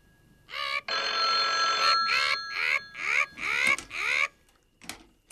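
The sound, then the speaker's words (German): A telephone rings: one long, steady buzzing ring followed by several short, warbling bursts in quick succession, loud and harmonically rich, with no voices. “Ach, ich Idiot! Telefon! Telefon!”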